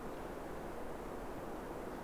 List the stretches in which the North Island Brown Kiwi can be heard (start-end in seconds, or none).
none